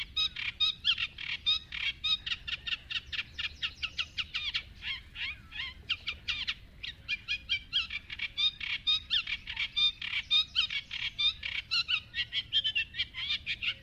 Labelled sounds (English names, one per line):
Eurasian Reed Warbler